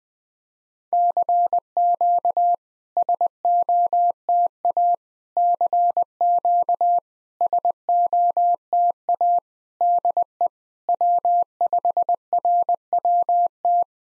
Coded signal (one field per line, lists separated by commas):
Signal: Morse code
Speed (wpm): 20 wpm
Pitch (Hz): 700 Hz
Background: none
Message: CQ SOTA CQ SOTA DE W5RWT